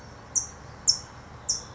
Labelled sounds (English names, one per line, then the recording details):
California Towhee
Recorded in Sonoma County, California